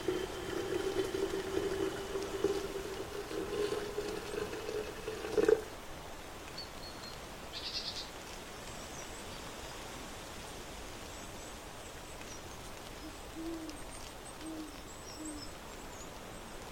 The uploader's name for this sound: on the porch in autumn